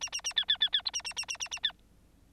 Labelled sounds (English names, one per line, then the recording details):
Bengalese Finch song
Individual Bird9